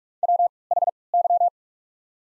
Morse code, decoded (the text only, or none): WHY